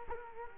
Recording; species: mosquito wingbeat signal from an infrared sensor; Culex quinquefasciatus